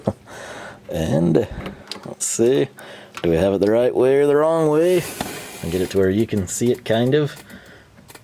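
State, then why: Not seated. A Weather-pack style plastic electrical connector for the washer fluid level sensor and pump motor on a Ram is handled and lined up with its mating plug on the washer reservoir while someone talks. Brief handling knocks occur at about 0.1 s and 8.1 s. The connector has not seated or clicked in yet.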